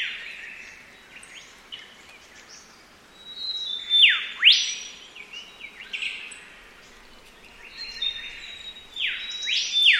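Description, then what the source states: Olive Whistler calls: clear whistled phrases with sharp downward-then-rising sweeps, heard twice. Recorded at Anson's Bay, Tasmania; species found in wet forests and coastal shrubs; call rendered as ee-ee-o-wee.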